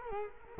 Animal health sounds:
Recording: mosquito wingbeat signal from an infrared sensor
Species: Culex quinquefasciatus

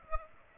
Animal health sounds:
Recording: mosquito wingbeat signal from an infrared sensor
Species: Aedes aegypti

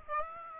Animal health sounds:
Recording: mosquito wingbeat signal from an infrared sensor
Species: Aedes aegypti

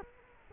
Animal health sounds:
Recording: mosquito wingbeat signal from an infrared sensor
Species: Culex quinquefasciatus

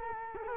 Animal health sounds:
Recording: mosquito wingbeat signal from an infrared sensor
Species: Culex quinquefasciatus

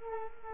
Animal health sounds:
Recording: mosquito wingbeat signal from an infrared sensor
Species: Culex quinquefasciatus

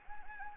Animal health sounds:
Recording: mosquito wingbeat signal from an infrared sensor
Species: Anopheles gambiae

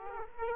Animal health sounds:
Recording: mosquito wingbeat signal from an infrared sensor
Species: Culex quinquefasciatus

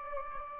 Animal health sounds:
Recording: mosquito wingbeat signal from an infrared sensor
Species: Anopheles gambiae

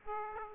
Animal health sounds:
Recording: mosquito wingbeat signal from an infrared sensor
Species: Aedes aegypti

